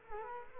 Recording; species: mosquito wingbeat signal from an infrared sensor; Culex quinquefasciatus